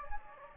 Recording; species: mosquito wingbeat signal from an infrared sensor; Anopheles gambiae